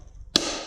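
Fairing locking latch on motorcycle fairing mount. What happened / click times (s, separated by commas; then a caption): The latch snapped down into its locked position / 0.4 s. A locking latch on a Memphis Shades Road Warrior motorcycle fairing mount is pushed down until it snaps into its locked position. After a quiet lead-in, a sharp snap lands at 0.4 s and rings on in a bright, slowly fading tail. The latch is seated and locks the fairing in place.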